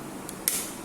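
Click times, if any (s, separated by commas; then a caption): 0.5 s. A part of a product being assembled is pushed into its mating socket and snaps home with one sharp click at 0.5 s, preceded by a fainter tick at 0.3 s. The part is seated and attached.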